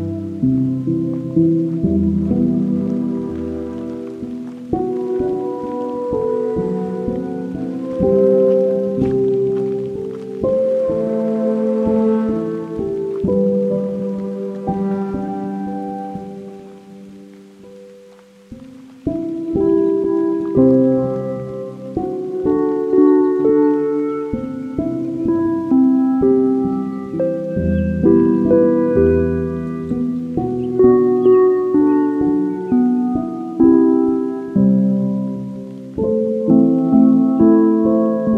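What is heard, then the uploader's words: At the foot of Pyramid Mountain on the Patricia Lake Loop Trail near Jasper, a dense, steady patter of quick ticks like rain runs over low, sustained pitched tones that shift from one chord to the next. Around 18 seconds it briefly thins, then returns. Soundwalk Season 3: The Canadian Rockies. In Jasper, AB Canada at the foot of Pyramid Mountain on the Patricia Lake Loop Trail.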